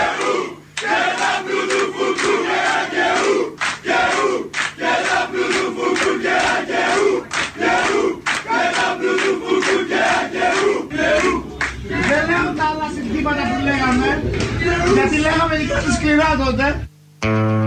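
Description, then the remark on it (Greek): A large crowd loudly shouts a political chant, coordinated by a leader, in rhythmic, repeated bursts, later shifting into a more sustained, sung-like roar before cutting off abruptly near the end. “Είναι ένα πολιτικό σύνθημα, πολύ βαθύ.”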